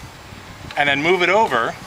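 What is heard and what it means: The anti-theft locking piece on an Uncommon USA 20-foot telescoping flag pole is being slid over the pole's pop-out button so the button will pop into its hole. Quiet background noise is heard, and someone talks from about 0.8 s to the end. The button has not snapped in or seated yet.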